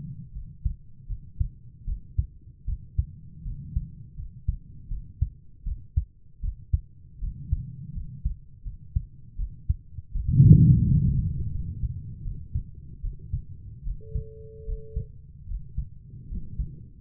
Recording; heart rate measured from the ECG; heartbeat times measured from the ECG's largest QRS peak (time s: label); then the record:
heart sounds by stethoscope; 79 bpm
0.33 s: heartbeat
1.08 s: heartbeat
1.86 s: heartbeat
2.66 s: heartbeat
3.44 s: heartbeat
4.16 s: heartbeat
4.89 s: heartbeat
5.65 s: heartbeat
6.42 s: heartbeat
7.20 s: heartbeat
7.94 s: heartbeat
8.64 s: heartbeat
9.37 s: heartbeat
10.13 s: heartbeat
10.86 s: heartbeat
11.52 s: heartbeat
12.23 s: heartbeat
13.01 s: heartbeat
13.84 s: heartbeat
14.66 s: heartbeat
15.47 s: heartbeat
16.29 s: heartbeat
From the record:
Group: healthy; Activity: rest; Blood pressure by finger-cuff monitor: 123/74 mmHg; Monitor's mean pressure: 88 mmHg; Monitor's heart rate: 79 bpm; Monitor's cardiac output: 6.7 L/min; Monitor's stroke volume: 84 mL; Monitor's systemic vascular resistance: 970 dyn s/cm5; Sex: female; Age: 22 years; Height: 160 cm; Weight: 63 kg